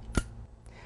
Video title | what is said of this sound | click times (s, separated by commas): Micro-Tech Sentinel Series: Pressure Pad Alarm Method | list listen for the mechanical click | 0.2 s